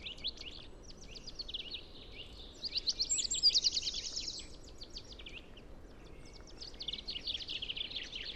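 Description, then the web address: Bird twittering in many high notes, loudest in the middle, then fading and rising again over a steady hiss. "cianscape birddata Deverinetal 2025"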